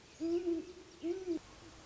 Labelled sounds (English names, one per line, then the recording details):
Great Horned Owl
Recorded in Sonoma County, California